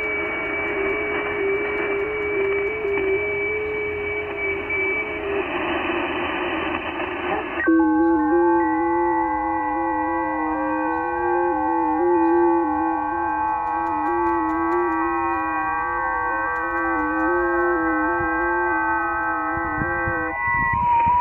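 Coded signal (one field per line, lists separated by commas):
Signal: FT8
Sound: several steady, slowly warbling tones at once, layered over a hiss band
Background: radio static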